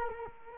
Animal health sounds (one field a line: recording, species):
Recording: mosquito wingbeat signal from an infrared sensor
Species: Culex quinquefasciatus